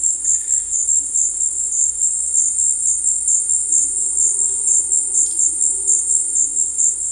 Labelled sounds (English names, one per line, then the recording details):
none
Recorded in dense forest near Puerto Asís, Putumayo, Colombia, on 19 February 2024 at 16:00
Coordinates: 0.484, -76.317
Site G6464